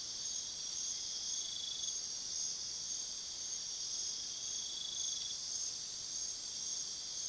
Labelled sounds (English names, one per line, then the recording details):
none
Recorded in pastures near Puerto Asís, Putumayo, Colombia, on 21 February 2024 at 00:30
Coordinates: 0.497, -76.327
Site G7276